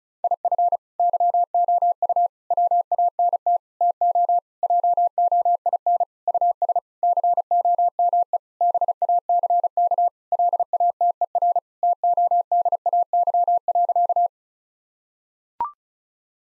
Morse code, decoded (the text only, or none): IF YOU WANT TO JOIN US COME BACK LATER TODAY.